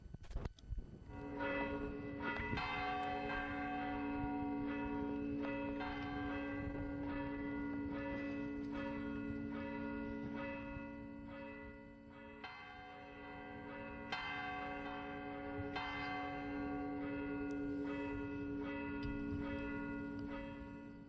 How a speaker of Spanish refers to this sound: Así suenan las campanas de la iglesia de la Torre de Juan Abad.